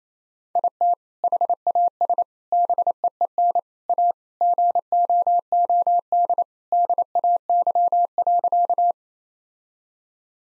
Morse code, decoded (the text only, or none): IT HAS BEEN A GOOD DAY.